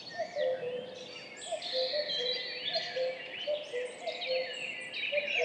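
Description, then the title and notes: Common cuckoo duet, paired descending cu-coo notes repeated several times, set against lively high-pitched songbird chatter. Two common cuckoos calling in duet at dawn, 5:20, 14 May 2019, in spring, on a track in Val Maravel; stereo, MixPre-3 recorder with MKH 8020 microphones. "Duo de coucou. 14 mai 2019-Piste aux espagnols - Val Maravel - 5h20. un mémorable duo de deux coucous gris"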